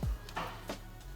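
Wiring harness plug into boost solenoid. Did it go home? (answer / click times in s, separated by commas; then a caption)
no / none. A wiring harness plug is handled over the replacement boost solenoid in a BMW engine bay before being pushed down to click in. A low thump is heard, then short sharp handling knocks and rustles at about 0.3, 0.4 and 0.7 seconds. The connector has not seated or clicked yet.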